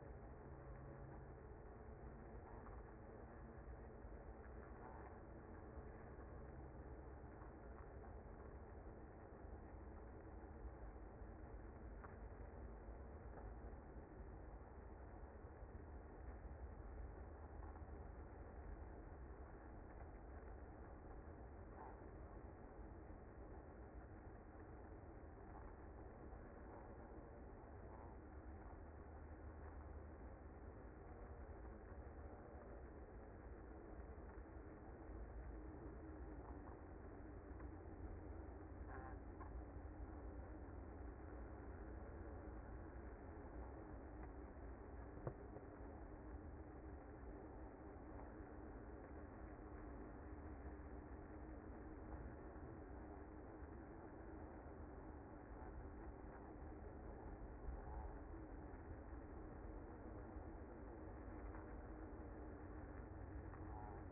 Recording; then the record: honeybee colony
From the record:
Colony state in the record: active